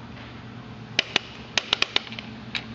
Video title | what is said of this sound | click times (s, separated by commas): 74 MG Tech - Torqueing the Cylinder Head on MG | can hear it clicking | 1.0 s